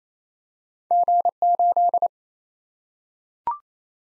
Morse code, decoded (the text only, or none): G8